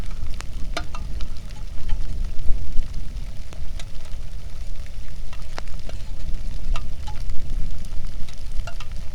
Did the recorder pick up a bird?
no